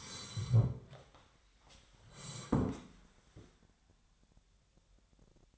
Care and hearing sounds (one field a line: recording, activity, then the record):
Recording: daily activity, microphone in the room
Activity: sit down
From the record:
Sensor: 3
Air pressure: 1015.2 hPa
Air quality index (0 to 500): 169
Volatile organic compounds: 13 ppm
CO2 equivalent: 2424 ppm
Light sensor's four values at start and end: 14/37/14/16 and 14/37/15/16